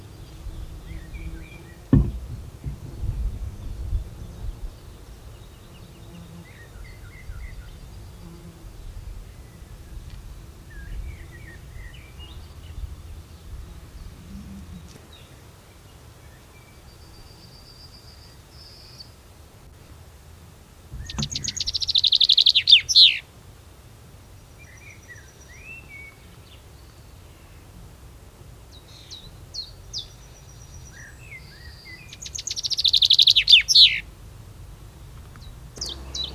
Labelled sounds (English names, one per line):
Common Chaffinch song